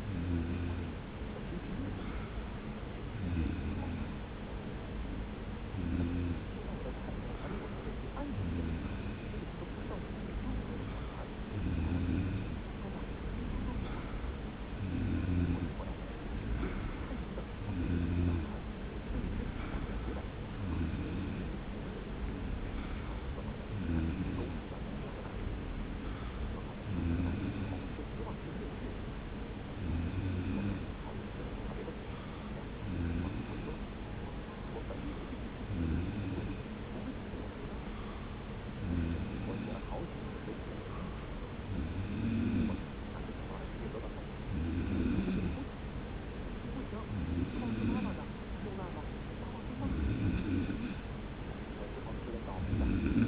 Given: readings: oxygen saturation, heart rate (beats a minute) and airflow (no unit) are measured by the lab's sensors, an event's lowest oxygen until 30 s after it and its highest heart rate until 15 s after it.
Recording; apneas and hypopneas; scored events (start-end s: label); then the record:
breathing in sleep by a voice recorder at the bedside; none
29.00-53.27 s: new sleep stage, N2 (light sleep)
From the record:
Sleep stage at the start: N3 (deep sleep); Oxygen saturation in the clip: 93 to 94%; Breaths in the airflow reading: 20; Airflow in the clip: -0.9 to 1.0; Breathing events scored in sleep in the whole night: 335 in 6.7 hours asleep